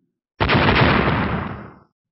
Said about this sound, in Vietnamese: Một tiếng nổ mạnh rung trời, vô số sóng khí hai màu vàng trắng trào lên khắp nơi, vô số toái thạch bay tứ phương, suýt nữa xé rách màn sáng phòng hộ của lôi đài.